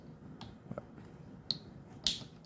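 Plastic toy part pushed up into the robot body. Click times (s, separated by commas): 1.5 s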